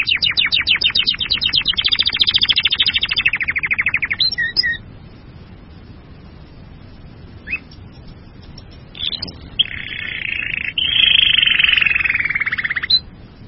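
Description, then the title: Bird song in two phrases: a fast pulsed trill into a buzzy held note, a long quiet stretch with a few chips, then another loud buzzy trill. "burung online"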